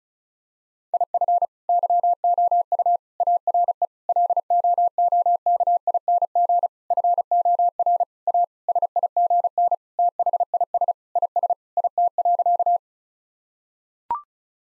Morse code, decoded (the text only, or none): IF YOU ARE LOOKING FOR A SIGN THIS IS IT.